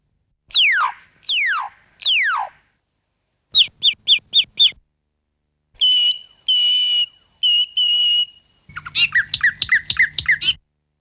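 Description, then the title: Bird song in separate bursts: three steeply falling whistles, then a fast run of short chips, then a few steady whistled notes. Played example of birdsong, one of four sound chains: spoken language, birdsong, music and noise. "Solfège de l'objet sonore. chant d'oiseau"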